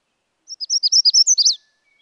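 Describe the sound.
Magnolia warbler song, one quick run of high chirpy slurs that grows louder and finishes with a sharper accented note, then silence.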